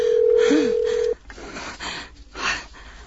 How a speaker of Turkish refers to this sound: Hadi. Hadi aç şu telefonu, aç.